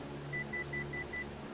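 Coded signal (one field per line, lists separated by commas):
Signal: none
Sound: flight sim cockpit beeps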